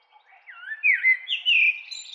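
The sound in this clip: Bird warbling in a brief fast phrase of slurred whistles and chirps that swells, then climbs higher toward the end.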